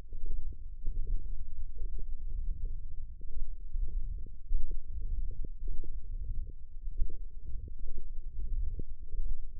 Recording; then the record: forearm muscle sounds (acoustic myography)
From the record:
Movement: ulnar deviation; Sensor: system 1, eight BSWA MPA416 microphones around the upper forearm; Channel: 6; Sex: male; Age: 23 years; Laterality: right